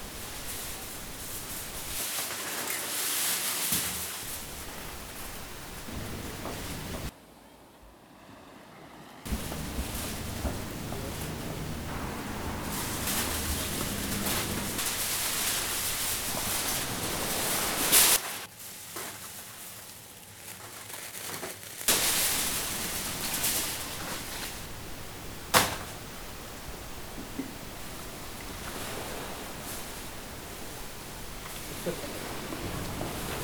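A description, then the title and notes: A dense, hissing rush like sea surf or passing traffic fills most of the clip, bright. It cuts abruptly to quieter, thinner stretches around 7–9 seconds and 18–22 seconds, with sharp clicks near 18 and 25 seconds. Sea. Traffic.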